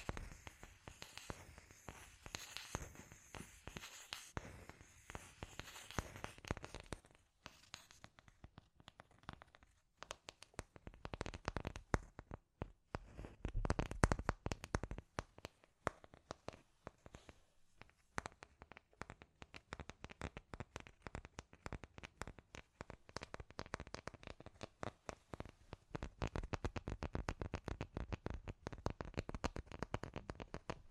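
Scratchy tapping in dense, rapid bursts of dry clicks and crinkly scrapes, easing off around seven seconds, then building again and continuing unevenly.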